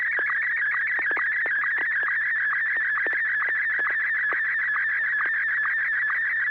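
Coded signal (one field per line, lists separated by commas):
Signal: SSTV (slow-scan television)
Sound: warbling, buzzy tone around 2 kHz, chirping rapidly, with regular short low ticks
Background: low mains hum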